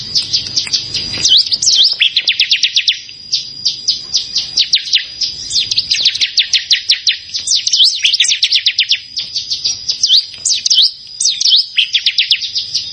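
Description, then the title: Prinia song of quick, high, clicking and sweeping notes delivered in dense rattling bursts, separated by short pauses. "Ciblek Sawah"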